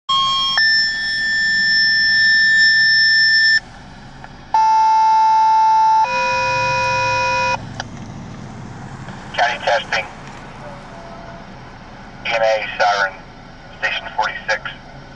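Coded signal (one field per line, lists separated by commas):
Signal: two-tone page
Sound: long steady high tone, pause, then two steady tones in sequence, then brief voice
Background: dispatcher voice, radio static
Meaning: Alert tones that activate the fire station's pagers before the dispatcher speaks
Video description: You will hear the dispatch tones, a dispatcher's voice, and then the siren.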